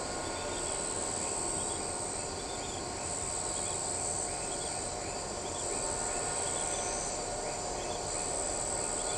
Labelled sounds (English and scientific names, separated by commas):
none